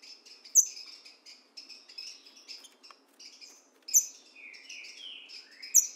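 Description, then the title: Green-winged saltator singing a brief run of rich slurred whistles, rising and falling, between sharp high notes, over constant buzzy chirping in the background. In the bush, dueling in song with a free-living bird. "Trinca Ferro NICÃ O"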